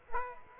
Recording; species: mosquito wingbeat signal from an infrared sensor; Aedes aegypti